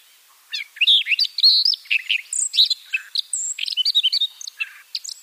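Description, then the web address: Siberian rubythroat song: a rapid, varied warble of scratchy chirps, clear whistles and buzzy trills, loud and nearly continuous. "Schulze Peter Siberian Rubythroat song"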